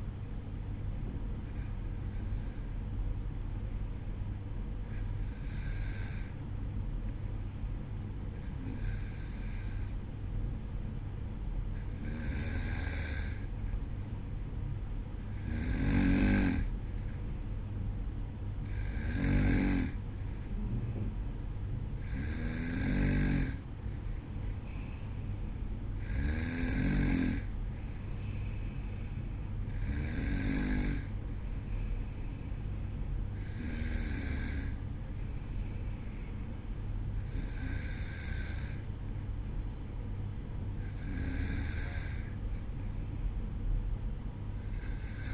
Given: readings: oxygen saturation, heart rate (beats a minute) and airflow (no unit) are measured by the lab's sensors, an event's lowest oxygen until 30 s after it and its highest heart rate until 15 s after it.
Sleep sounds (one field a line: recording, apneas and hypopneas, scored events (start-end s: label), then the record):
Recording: breathing in sleep by a smartphone at the bedside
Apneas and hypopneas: none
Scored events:
none scored
From the record:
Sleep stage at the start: N2 (light sleep)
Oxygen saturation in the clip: 93 to 94%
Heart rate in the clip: 52 to 58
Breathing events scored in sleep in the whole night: 305 in 9.6 hours asleep